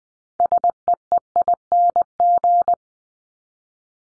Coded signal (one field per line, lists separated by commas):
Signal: Morse code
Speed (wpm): 20 wpm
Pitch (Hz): 700 Hz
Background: none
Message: SEEING